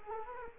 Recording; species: mosquito wingbeat signal from an infrared sensor; Culex quinquefasciatus